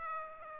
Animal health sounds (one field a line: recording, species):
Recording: mosquito wingbeat signal from an infrared sensor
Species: Aedes aegypti